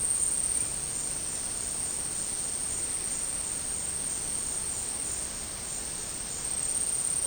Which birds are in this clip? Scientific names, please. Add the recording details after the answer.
none. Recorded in dense forest near Puerto Asís, Putumayo, Colombia, on 18 February 2024 at 12:00. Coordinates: 0.486, -76.316. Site G6437